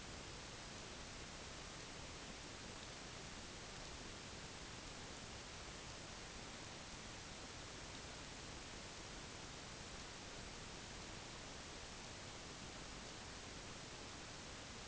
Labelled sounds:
none
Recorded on Arctic tundra, site UTQI-5, on 21 June 2018
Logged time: 08:00

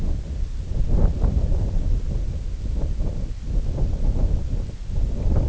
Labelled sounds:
none
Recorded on Arctic tundra, site IGLO-D, on 20 June 2018
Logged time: 16:00

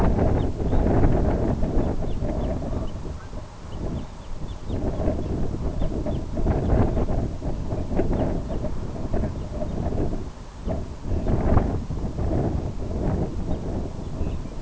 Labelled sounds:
Red Phalarope
unidentified sound
Lapland Longspur
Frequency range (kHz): Red Phalarope 2.3-4.3 kHz; Lapland Longspur 1.9-3.3 kHz
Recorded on Arctic tundra, site IGLO-B, on 27 June 2018
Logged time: 05:59

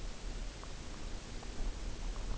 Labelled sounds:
none
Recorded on Arctic tundra, site UTQI-0, on 14 June 2019
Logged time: 02:00

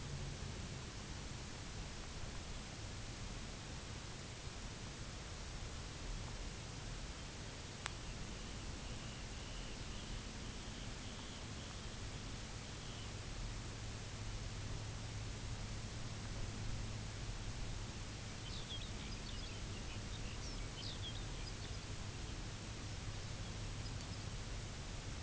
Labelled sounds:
Dunlin
Lapland Longspur
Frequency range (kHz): Dunlin 2.1-4.0 kHz; Lapland Longspur 1.4-6.7 kHz
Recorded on Arctic tundra, site UTQI-0, on 11 June 2019
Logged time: 04:00

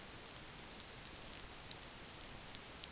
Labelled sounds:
none
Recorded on Arctic tundra, site NAIT-1, on 27 June 2019
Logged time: 20:00

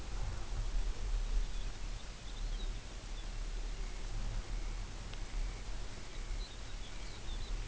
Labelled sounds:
Lapland Longspur
Dunlin
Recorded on Arctic tundra, site UTQI-5, on 24 June 2018
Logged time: 12:00

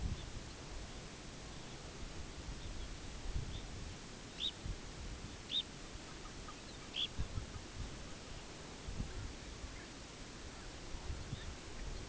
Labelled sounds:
Red Phalarope
unidentified sound
Long-tailed Duck
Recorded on Arctic tundra, site UTQI-5, on 14 June 2019
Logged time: 04:00

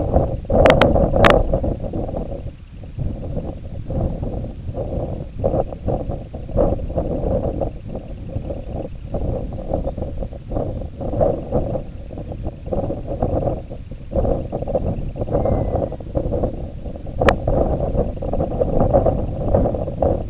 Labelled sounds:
Semipalmated Sandpiper
unidentified sound
Red-throated Loon
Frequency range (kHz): Semipalmated Sandpiper 1.6-3.7 kHz; Red-throated Loon 0.8-2.5 kHz
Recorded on Arctic tundra, site IGLO-A, on 20 June 2018
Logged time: 07:59

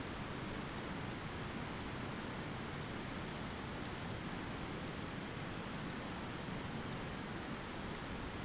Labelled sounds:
none
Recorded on Arctic tundra, site ZACK-1, on 15 June 2019
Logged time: 21:49

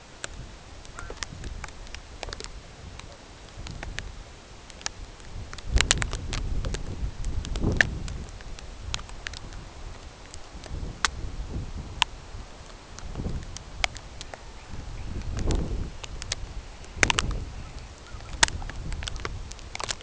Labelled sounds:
unidentified sound
Dunlin
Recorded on Arctic tundra, site CORI-1, on 16 June 2018
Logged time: 18:00

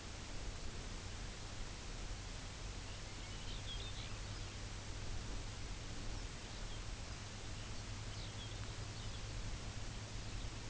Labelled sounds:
Lapland Longspur
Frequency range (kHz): Lapland Longspur 1.4-6.2 kHz
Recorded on Arctic tundra, site UTQI-0, on 17 June 2019
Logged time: 18:00

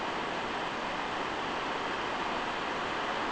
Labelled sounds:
none
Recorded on Arctic tundra, site NAIT-1, on 29 June 2018
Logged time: 01:00

